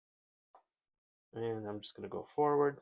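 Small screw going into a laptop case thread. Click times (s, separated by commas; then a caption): 0.5 s. A tiny screw going into a laptop case thread is turned counterclockwise to avoid cross-threading, and at 0.5 s it drops into the start of the thread with a faint click, showing it has seated. Then someone talks as it is turned forward to tighten.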